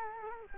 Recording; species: mosquito wingbeat signal from an infrared sensor; Culex quinquefasciatus